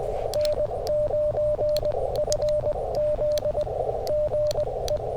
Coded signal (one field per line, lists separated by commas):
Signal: Morse code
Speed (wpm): 21 wpm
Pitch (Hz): 600 Hz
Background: radio noise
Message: N9FZ GE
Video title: Quick CW POTA Activation After Work | Kentucky Horse Park #qrp #cw #parksontheair